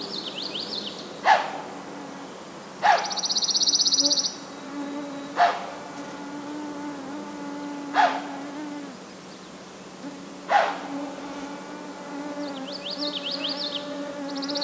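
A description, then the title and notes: A white-tailed deer snorts in five sharp, airy blasts a few seconds apart over a steady insect buzz, with high chirping birds at times. White-tailed Deer snorting. I was recording birds on a bog trail in Schoodic Woods, and so was standing perfectly still.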